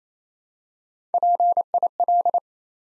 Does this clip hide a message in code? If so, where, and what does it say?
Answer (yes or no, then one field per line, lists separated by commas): yes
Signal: Morse code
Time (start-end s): 1.1-2.4 s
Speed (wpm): 29 wpm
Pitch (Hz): 700 Hz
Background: none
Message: PIL